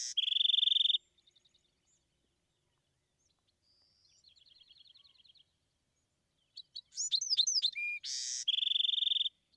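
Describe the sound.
Bewick's wren song: loud high trill, soft rapid trill after a pause, then sharp chips, a harsh buzz and a final ringing trill.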